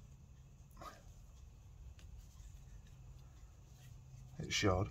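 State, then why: Not seated. During a turbo overhaul on a 2005 Fiat Panda 1.3 Multijet diesel, a metal clip or part is pushed through the turbocharger assembly, where it should snap into place. Only faint low rumble, a brief tick near 2.0 s and someone talking are heard. The part fails to snap in, and nothing has seated or clicked yet.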